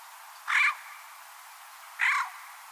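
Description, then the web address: Bird gives two brief, harsh, squawking calls roughly one and a half seconds apart, with quiet hiss between them. Bird only, 2025 bird data. "Deverinetal 2025 File origin Bird Only"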